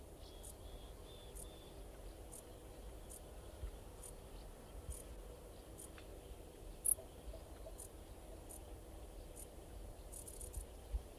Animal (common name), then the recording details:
Dark Bush-cricket. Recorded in the wild. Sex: male. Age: imago. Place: Strausberg, Barnim, Brandenburg, DE. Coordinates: 52.5375, 13.8989. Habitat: meadow. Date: 1989-08-13 18:29. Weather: sonnig, 22°C in Sonne. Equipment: Riporter 6 RG-K, Halbspur, Sennheiser MKH 416 T. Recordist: Frommolt, Karl-Heinz